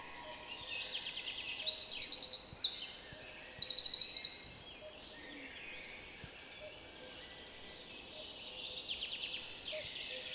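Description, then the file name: Eurasian wren song: a loud, rapid, high trilled phrase in the first five seconds, then quieter scattered high chirps over steady background noise. "Troglodytes troglodytes"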